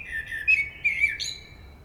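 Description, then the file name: Common blackbird singing one short phrase of mellow, slurred whistles that dip and rise, ending in a thin high squeak. "Turdus merula"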